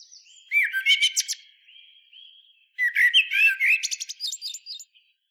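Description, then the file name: Common blackbird singing two rich warbled phrases, each breaking into a scratchy high twitter, with a faint thin whistle trailing between them. "Turdus merula"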